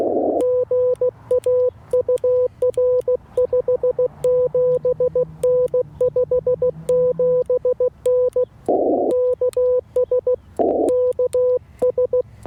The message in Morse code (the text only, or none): GA UR 57N 57N KS KS